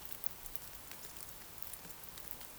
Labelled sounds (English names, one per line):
Eurasian Woodcock whistle